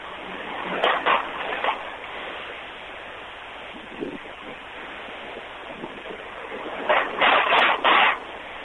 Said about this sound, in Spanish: Bueno, lo que estamos escuchando son miles y miles y miles de toneladas de agua pasando por minuto bajo este puente que está sobre el río Salado, que ya no sabemos a dónde está el río. Uh-huh. Claro, el cauce está totalmente desbordado.